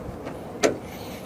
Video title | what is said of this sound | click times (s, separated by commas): Replacing My Trunk Struts/Shocks - (1998 Toyota Celica Convertible) | it just snaps right in | 0.6 s